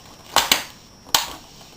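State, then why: Seated. The plastic screen bezel of an HP G71-340US laptop is pressed back onto the display lid, starting at the bottom edge. Loud, sharp snaps are heard at 0.4 s, 0.5 s and 1.1 s as the bezel clips snap in and seat.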